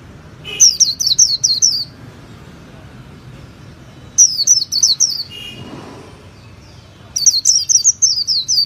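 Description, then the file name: White-eye song in three quick bursts of high, sliding chirps, each roughly five notes, with a low background rumble. Song style called 'líu' in Vietnamese. "tieng khuyen liu"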